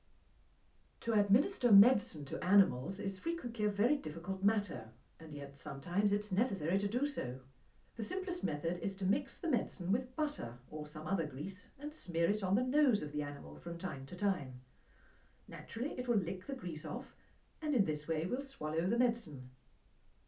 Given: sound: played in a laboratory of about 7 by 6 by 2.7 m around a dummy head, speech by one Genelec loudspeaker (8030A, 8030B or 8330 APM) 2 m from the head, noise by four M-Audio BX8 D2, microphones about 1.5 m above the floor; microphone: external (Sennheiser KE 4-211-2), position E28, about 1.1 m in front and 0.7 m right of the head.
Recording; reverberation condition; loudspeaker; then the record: female speech in English; low; 90 degrees to the left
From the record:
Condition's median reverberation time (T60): about 310 ms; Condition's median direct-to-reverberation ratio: about 3.5 dB